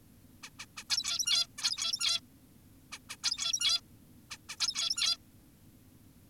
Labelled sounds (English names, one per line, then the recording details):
Zebra Finch
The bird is an adult
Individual g17y2U